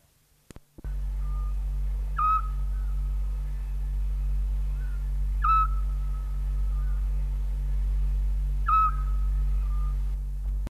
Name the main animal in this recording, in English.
Eurasian Scops Owl